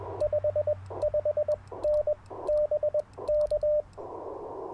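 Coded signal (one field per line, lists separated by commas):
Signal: Morse code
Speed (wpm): 20 wpm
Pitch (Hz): 600 Hz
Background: radio noise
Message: 55N BK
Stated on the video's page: QRP CW POTA park activation at dawn using an Icom IC-705, Alex Loop antenna and a Modern Morse Nameless key.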